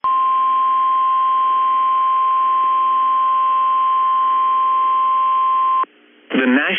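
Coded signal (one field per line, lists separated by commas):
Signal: Emergency Alert System (SAME) tones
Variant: 1050 Hz attention tone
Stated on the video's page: NOAA weather radio Severe Thunderstorm Warning EAS alert from KEC65.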